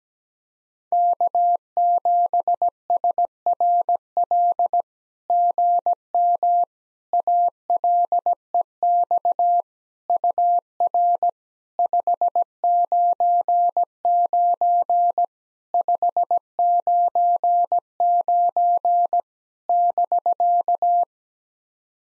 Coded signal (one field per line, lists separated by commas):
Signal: Morse code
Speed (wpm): 17 wpm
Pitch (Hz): 700 Hz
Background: none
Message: K7SRL GM ALEX UR 599 599 <BK>